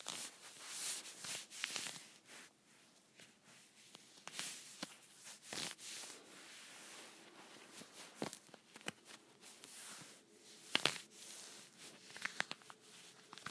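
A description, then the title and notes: Leggings fabric scratches and rubs in irregular hissy swishes, some long and sweeping, others short and sharp, with scattered clicks. The sound is bright and airy with almost no low end, and a faint steady hum sits underneath in the quieter gaps. ASMR Scratchy Leggings.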